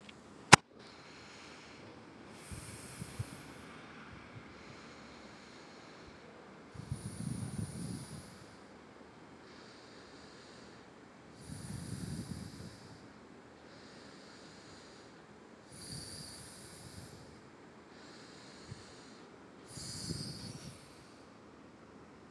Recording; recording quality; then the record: deep breathing; excellent, no background noise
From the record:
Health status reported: COVID-19 positive, no symptoms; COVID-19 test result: positive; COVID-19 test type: RT-PCR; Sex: female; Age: 25 years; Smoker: no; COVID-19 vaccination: both doses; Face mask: not worn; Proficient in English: yes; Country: India